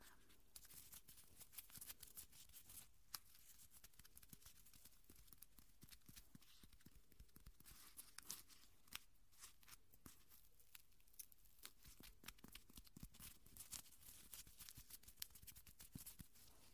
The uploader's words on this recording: Naturally Cleaning Your Ears. I am using natural materials found outside my home to bring you new tingly sounds!